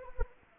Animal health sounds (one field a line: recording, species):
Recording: mosquito wingbeat signal from an infrared sensor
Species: Anopheles arabiensis